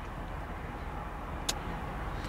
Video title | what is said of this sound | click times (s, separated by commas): 2006 CHEVROLET CORVETTE LT3 POWER CONVERTIBLE WALK AROUND REVIEW 10548 SOLD! www.SUMMITAUTO.com | once it clicks into place you're all set to go for a nice Drive | 1.5 s